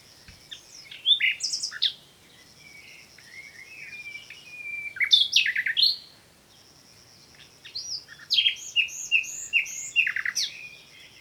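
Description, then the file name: Common nightingale song: three phrases of loud sweeping chips, rising whistles and brisk repeated notes, each lasting a couple of seconds with quiet gaps between. "Luscinia megarhynchos"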